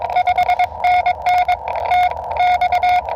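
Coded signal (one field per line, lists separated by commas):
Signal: Morse code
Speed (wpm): 22 wpm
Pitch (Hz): 720 Hz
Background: radio noise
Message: 5NN TX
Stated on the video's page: CW POTA park activation.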